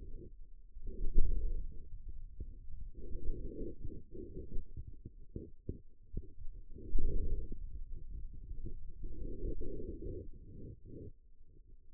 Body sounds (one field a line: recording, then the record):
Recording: forearm muscle sounds (acoustic myography)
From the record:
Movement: wrist flexion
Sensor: system 2, bracelet of six BSWA MPA416 microphones around the upper forearm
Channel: 4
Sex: male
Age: 22 years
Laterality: right